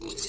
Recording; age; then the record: pig call; weaner (32 to 43 days)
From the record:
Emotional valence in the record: negative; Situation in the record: novel object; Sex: female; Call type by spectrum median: high-frequency call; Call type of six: mixed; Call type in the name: high-frequency stable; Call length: 0.28 s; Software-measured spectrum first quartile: 1371 Hz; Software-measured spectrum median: 4421 Hz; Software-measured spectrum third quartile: 6876 Hz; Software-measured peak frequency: 7306 Hz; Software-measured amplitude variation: 168 dB a second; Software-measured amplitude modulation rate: 23.0 a second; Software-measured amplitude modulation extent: 7.3 dB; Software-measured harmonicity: 2.7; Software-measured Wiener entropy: -2.50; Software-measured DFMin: 788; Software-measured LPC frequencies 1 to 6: 388, 2751, 3949, 4451, 5746, 6257 Hz